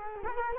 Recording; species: mosquito wingbeat signal from an infrared sensor; Culex quinquefasciatus